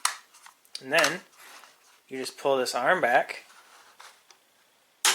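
A person talks while pulling back the kill arm of a d-CON Reusable Ultra Set covered plastic mouse snap trap. A sharp click comes at 5.1 s as the arm latches into the set position, and a red indicator on the kill bar shows that the trap is set.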